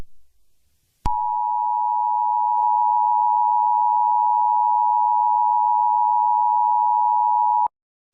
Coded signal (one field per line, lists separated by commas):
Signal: Emergency Alert System (SAME) tones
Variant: 853 and 960 Hz attention tone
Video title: EAS scenario The Devil’s Bleeding Wrath (Kinda Clean)